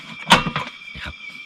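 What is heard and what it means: A butane gas canister, placed in an AIKO AK-200S portable camping stove with the cover closed and the canister notch aligned, is locked in by pushing the canister lock lever. A sharp click sounds at 0.3 s, followed by a softer knock at about 0.6 s and low thuds near 1.0 and 1.1 s. The lock lever clicks home and the canister is seated.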